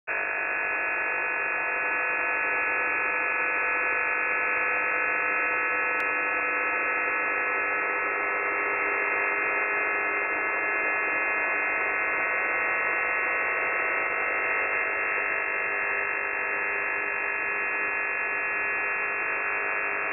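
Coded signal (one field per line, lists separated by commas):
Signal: channel marker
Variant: UVB-76 (The Buzzer)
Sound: a steady, harsh, low electric buzz that drones on without a break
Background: radio static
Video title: The Buzzer/ UVB-76 Voice Message (January 20, 2021, 12:04 UTC)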